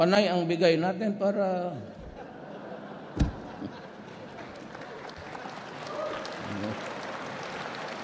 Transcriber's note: laughter and applause